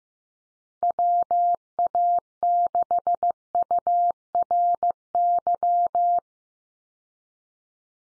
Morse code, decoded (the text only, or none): WA6URY